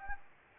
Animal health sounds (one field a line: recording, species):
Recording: mosquito wingbeat signal from an infrared sensor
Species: Anopheles arabiensis